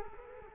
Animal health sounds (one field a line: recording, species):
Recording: mosquito wingbeat signal from an infrared sensor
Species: Culex quinquefasciatus